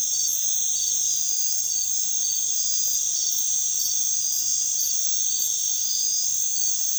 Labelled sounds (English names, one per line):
none